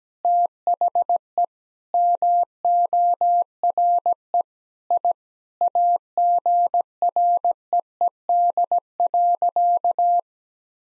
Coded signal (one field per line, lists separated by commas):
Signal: Morse code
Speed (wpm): 17 wpm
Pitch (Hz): 700 Hz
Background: none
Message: THE MORE I AGREED.